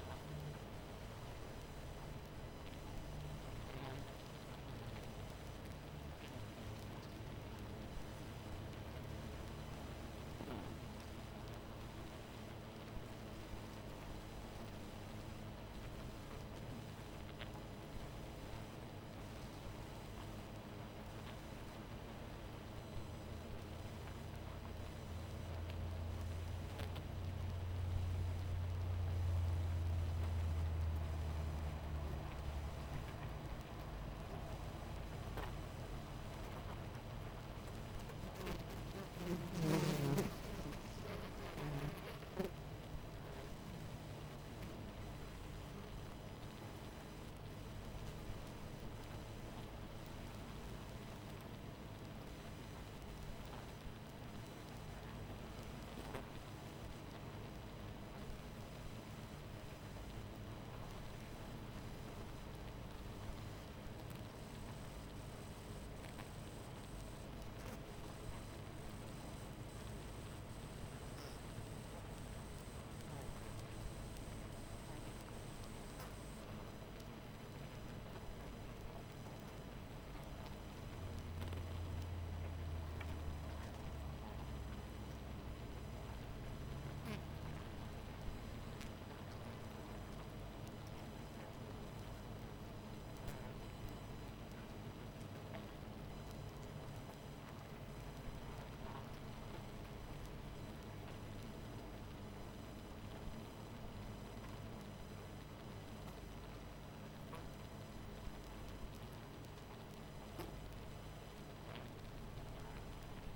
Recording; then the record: honeybee colony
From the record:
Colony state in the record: missing queen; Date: 14 July 2017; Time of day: 22:51